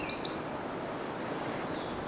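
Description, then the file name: Eurasian wren giving a high, thin, rapid run of twittering trills and chirps that rise and fall quickly for about two seconds, over soft background hiss. "Troglodytes troglodytes"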